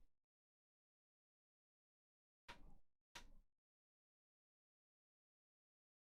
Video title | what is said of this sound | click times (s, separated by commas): Build the Porsche 917kh LIVE - Pack 13 - Stages 49-52 | can see i finally got that one in there we go that one's in did you hear that click | 3.2 s